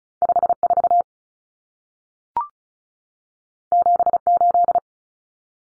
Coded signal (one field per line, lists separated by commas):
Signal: Morse code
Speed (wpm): 36 wpm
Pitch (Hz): 700 Hz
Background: none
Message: 54 78